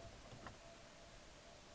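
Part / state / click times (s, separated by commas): plastic trim piece into car dashboard / not seated / none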